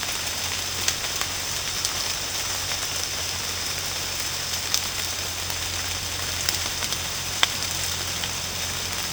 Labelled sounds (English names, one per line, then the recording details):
none
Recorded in secondary vegetation near Puerto Asís, Putumayo, Colombia, on 21 March 2025 at 15:30
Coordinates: 0.485, -76.322
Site G040